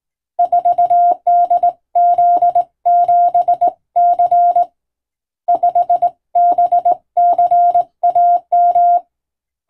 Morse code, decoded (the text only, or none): 4DZ7C 5BCAM